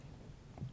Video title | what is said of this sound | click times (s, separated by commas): Otter + Pop Symmetry Series Case for IPhone Unboxing & Comparison to Defender Series Pro | you'll see it or you'll hear it snap into place and there it is and | 0.6 s